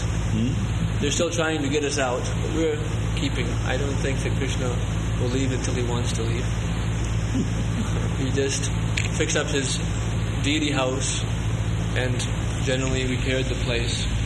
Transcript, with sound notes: They're still trying to get us out, but we are keeping. I don't think that Kṛṣṇa will leave until He wants to leave. [Prabhupāda laughs] We just fixed up His Deity house and generally repaired the place.